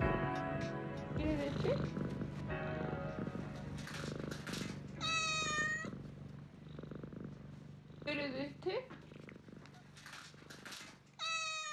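A cat lets out several drawn-out, high meows at irregular intervals over a steady, low rumbling purr that continues throughout.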